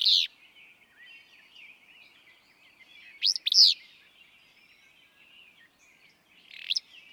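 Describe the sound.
Willow flycatcher giving short buzzy two-part song phrases roughly every three seconds over a constant background chatter of small birds.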